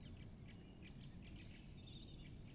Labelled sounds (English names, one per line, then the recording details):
Great Spotted Woodpecker
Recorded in Germany
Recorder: ecoPi